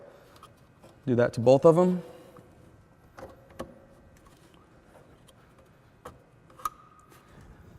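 Someone talks while handling a wiring harness connector with a red locking lever at the engine control module (PCM) of a 2015-2018 Ram 1500 5.7 Hemi during an Edge Pulsar tuning module install, where the connectors are pushed straight in and the red levers lowered to lock them. Only faint, brief handling taps follow around 3.2, 3.6, 6.1 and 6.7 seconds over a quiet background. Nothing has seated or clicked into place yet.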